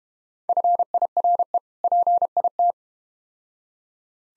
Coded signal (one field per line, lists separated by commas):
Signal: Morse code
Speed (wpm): 32 wpm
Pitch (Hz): 700 Hz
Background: none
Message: FIRE PIT